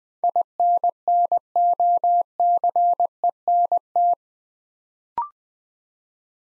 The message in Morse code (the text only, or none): INNOCENT